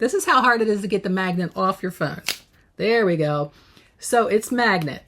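A magnetic card wallet is pulled off the back of a smartphone while someone talks, with short pauses between phrases. It is handled near the phone's back, but nothing has seated or clicked onto the phone yet.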